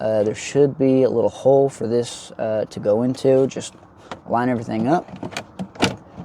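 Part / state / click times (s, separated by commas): glove box frame clips into interior panel holes / partly seated / 5.8 s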